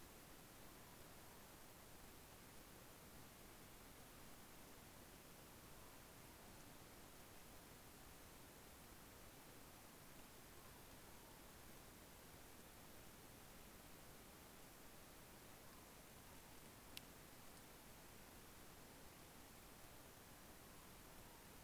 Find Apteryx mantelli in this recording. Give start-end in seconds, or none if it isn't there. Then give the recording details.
none. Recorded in New Zealand on 14 February 2013. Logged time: 02:13. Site DH65